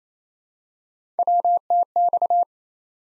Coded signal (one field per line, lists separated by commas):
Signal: Morse code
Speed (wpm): 28 wpm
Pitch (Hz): 700 Hz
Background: none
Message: WTX